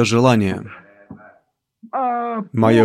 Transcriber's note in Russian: Брат Бранхам стучит по кафедре—Ред